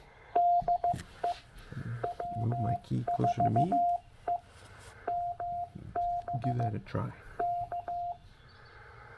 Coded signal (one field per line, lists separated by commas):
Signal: Morse code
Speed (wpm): 15 wpm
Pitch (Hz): 700 Hz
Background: speech, radio noise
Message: DE W4EMB K